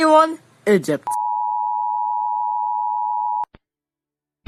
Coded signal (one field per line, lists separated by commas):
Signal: Emergency Alert System (SAME) tones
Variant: 853 and 960 Hz attention tone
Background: speech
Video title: EAS alarms around the world